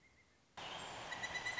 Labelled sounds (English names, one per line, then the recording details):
Pileated Woodpecker
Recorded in Sonoma County, California